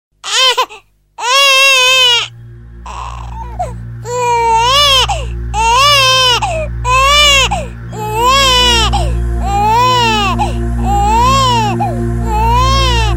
Baby Cry.